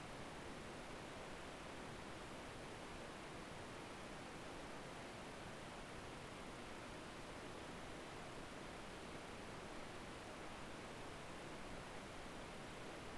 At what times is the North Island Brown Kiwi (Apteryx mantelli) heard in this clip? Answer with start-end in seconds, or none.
none